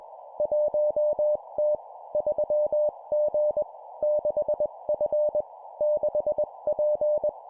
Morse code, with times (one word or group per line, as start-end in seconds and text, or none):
0.4-1.8 1T
2.1-3.6 3G
4.0-5.4 6F
5.8-7.3 6P